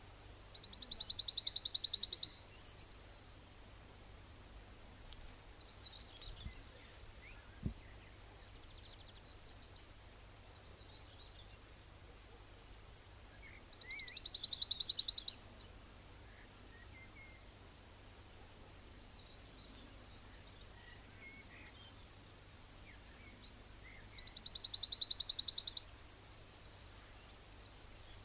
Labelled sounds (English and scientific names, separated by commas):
Yellowhammer (Emberiza citrinella) song